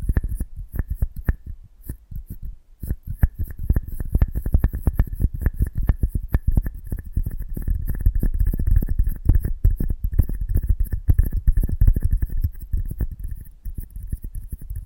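ASMR close-up mic treatment: a dense, restless stream of soft taps, brushes and low thumps on the microphone, often several per second. Activity dips briefly around two to three seconds, then stays busy throughout, with a faint thin whine and a hiss above.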